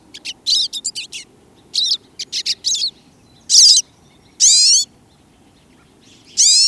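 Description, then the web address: Pine siskin twitters in short high chirps, then gives several longer buzzy zreee notes at intervals after the chatter. Song and calls. "2015 05 pine siskin song and calls"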